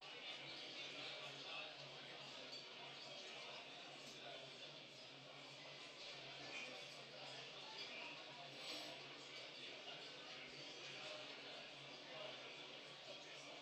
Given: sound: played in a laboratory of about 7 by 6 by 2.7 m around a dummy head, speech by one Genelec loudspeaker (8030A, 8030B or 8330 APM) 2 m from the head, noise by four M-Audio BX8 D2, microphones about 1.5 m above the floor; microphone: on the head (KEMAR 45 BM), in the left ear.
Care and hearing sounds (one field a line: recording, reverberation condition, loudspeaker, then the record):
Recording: cafeteria noise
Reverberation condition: medium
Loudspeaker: four, about 170 cm from the corners of the room and facing them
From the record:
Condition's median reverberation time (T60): about 510 ms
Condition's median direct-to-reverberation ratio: about -0.5 dB